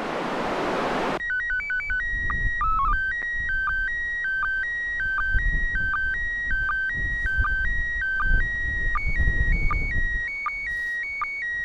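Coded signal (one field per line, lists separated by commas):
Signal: SSTV (slow-scan television)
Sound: steady tones stepping between three pitches, with short low blips about every 0.8 s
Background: FM squelch hiss, low rumble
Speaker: one minute until the next image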